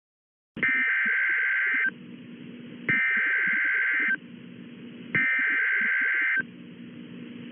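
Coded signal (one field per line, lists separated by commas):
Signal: Emergency Alert System (SAME) tones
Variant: header bursts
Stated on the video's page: EAS bulletins aired on Nick Jr.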